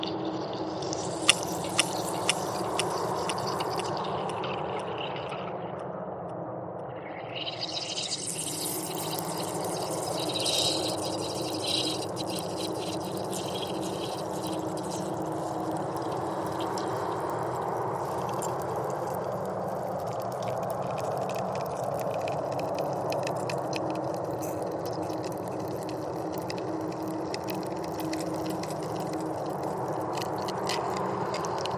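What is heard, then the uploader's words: Bitter wind blows steadily across frozen ice, a dense roar with a low hum beneath it. Its bright hiss drops away around six to eight seconds, then surges back. Sharp ticks and crackles of ice run throughout, with a few louder snaps near the start. Frozen Lake Sounds ASMR. Ice cracking in the cold, and bitter winter winds blowing across the frozen surface.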